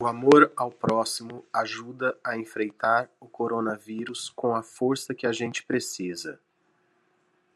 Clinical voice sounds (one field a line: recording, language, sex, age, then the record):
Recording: spoken sentence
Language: Brazilian Portuguese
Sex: male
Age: 40 to 49 years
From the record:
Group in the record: control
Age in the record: 46 years